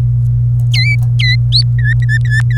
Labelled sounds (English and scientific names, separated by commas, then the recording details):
Domestic Canary (Serinus canaria) song
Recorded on 27 April 2018 at 10:25
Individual llb3